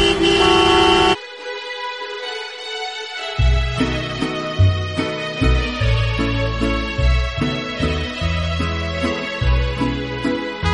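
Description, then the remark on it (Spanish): Car horns honk in a traffic jam: a loud, steady blast opens, then several horns of different pitches overlap in sustained and repeated toots with no talking. “Si lo que tienes delante es la matrícula de otro coche, es porque estás en el atasco.”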